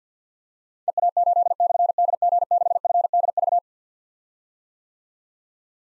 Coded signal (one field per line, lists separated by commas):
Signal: Morse code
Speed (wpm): 47 wpm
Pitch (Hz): 700 Hz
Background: none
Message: EA8/DG6FDV